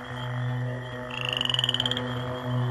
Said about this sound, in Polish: Słońce wisiało wysoko na niebie, a nadburzańskie łąki stały w pełnej krasie. I ten zupełnie opętańczy koncert żab.